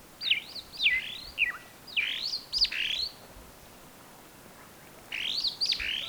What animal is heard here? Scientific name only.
Lamprotornis superbus